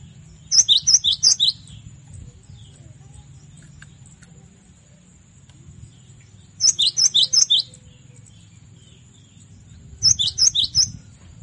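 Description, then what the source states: Cinereous tit song: three bouts of several quick, ringing, high two-note phrases, separated by pauses of a few seconds, with a steady faint high whine. Masteran song, made to train cage birds.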